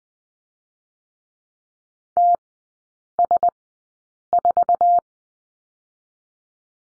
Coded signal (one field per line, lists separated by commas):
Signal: Morse code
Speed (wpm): 20 wpm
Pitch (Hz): 700 Hz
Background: none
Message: TS4